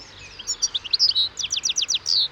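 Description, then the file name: European goldfinch producing lively high chirps, then a steady series of quick downslurred notes ending on a longer note. "Carduelis carduelis"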